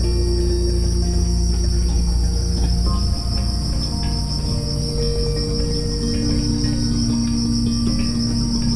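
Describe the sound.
Unbroken high cricket trilling, with low sustained tones that drop away and shift after a few seconds.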